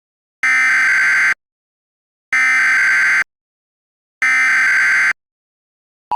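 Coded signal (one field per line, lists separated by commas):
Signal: Emergency Alert System (SAME) tones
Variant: header bursts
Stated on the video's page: Fictional scenario, not a real alert.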